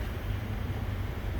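An ignition switch for a 2014-2025 Ram ProMaster 2500 is being lined up with the steering column housing during a replacement for a no-crank, no-start problem. Its rectangular tab is aligned with the gapped slot in the same orientation before being pushed in, over a steady low rumble with no distinct hits. Nothing has snapped into place yet.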